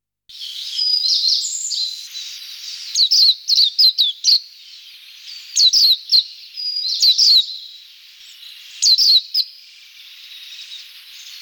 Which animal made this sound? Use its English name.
Greenish Warbler